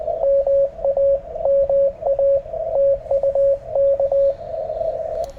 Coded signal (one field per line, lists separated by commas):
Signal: Morse code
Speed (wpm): 18 wpm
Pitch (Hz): 550 Hz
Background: radio noise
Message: MA MA TU K